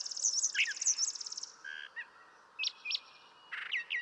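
Brown thrasher song, opening with a high buzzy trill overlaid by chirps, then scattered sharp notes and short downslurs after a pause.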